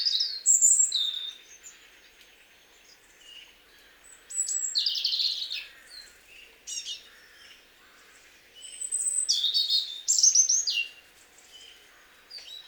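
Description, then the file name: European robin singing, clear high warbling phrases of tinkling and trilled notes, each burst a few seconds apart with brief silences between. "Erithacus rubecula"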